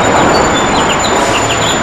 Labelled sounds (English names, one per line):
House Finch song